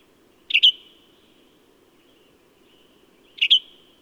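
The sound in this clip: Bird song: two short double-noted chirps about three seconds apart, faint low hum beneath.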